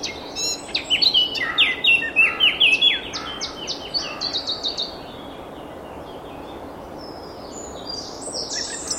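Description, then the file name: Eurasian blackcap warbling: fast scratchy notes build into a bright whistled phrase over the first four seconds, followed by quiet twittering and a faint note near the end. "Sylvia atricapilla"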